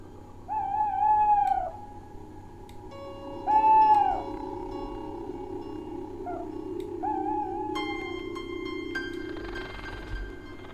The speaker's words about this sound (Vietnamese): Ở trên ngọn tre, con cú mèo khẽ rùng mình rồi bay vụt ra hướng lộ, gào lên những tiếng thê thảm kèn két đến ma quái, như là nó đang vui sướng lắm vậy.